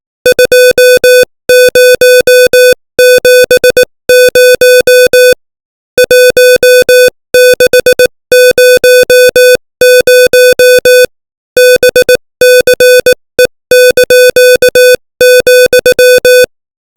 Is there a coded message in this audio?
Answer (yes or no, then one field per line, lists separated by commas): yes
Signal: Morse code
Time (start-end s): 0.3-16.4 s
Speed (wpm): 18 wpm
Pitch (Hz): 500 Hz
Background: music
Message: 2070 1600 BCE),